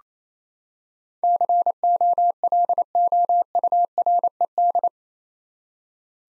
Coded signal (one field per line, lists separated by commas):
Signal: Morse code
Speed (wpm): 28 wpm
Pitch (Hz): 700 Hz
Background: none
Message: COLOURED